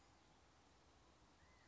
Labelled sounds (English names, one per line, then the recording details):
California Quail
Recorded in Sonoma County, California